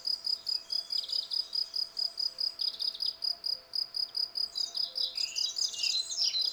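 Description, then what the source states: Field cricket chirping in an even, rapid series of bright high pulses, with brief bird notes here and there, busier toward the end. Several field crickets singing from a lawn in a garden at Val Maravel, 18 April 2020, singing for three days; fresh new wings giving clear stridulation; recorded on a Nagra Seven with cardioid MKH40 microphone.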